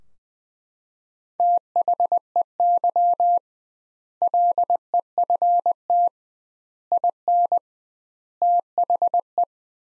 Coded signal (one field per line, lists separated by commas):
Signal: Morse code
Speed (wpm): 20 wpm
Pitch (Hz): 700 Hz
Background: none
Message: THEY LEFT IN THE